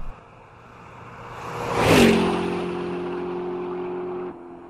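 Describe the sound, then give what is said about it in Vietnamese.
A motorbike engine is started and roars up in a rising swell as it speeds off into a busy street, then settles into a steady, low droning hum that holds for a couple of seconds before abruptly dropping away. “Biết ý, Út dắt xe chị ra đường nổ máy và phóng như bay vào phố đông.”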